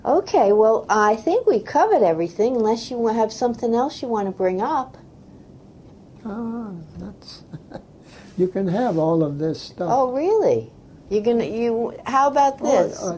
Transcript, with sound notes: Okay well I think we covered everything unless you wa - have something else you want to bring up?
Ah nuts (laughs) you can have all of this stuff.
Oh really. You gonna - you how bout this?